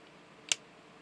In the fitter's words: at the first joint and it should snap into place